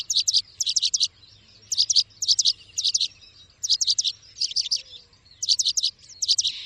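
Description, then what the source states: Bird song of shrill chirps packed into bursts of three or four, repeated with short gaps. Bird ringtone, described as having a melodious voice.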